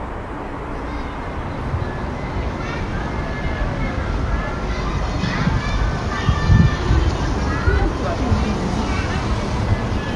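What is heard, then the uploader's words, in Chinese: A summer night on an old Beijing street: steady traffic rumble with overlapping voices chatting throughout, a few louder thumps near the middle. 夏天老街 氛围城市 白噪音。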